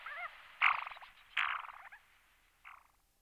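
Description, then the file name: Black-bellied sandgrouse calling: three throaty bubbling rattles, the last one fainter, with soft curled call notes at the start. "Stepokur pisecny Pterocles orientalis"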